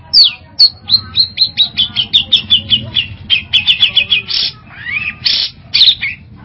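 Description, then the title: Long-tailed shrike song: a rapid run of sharp descending chirps, then a few harsh notes and a rising whistle. "Audio Cendet Pentet"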